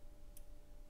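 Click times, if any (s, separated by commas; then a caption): none. A replacement wristband strap is being pushed back onto the body of a Fitbit Ulta HR fitness tracker. A brief, faint high-pitched tick sounds at about 0.4 s over a steady low hum and background noise. The strap has not seated or clicked into place yet.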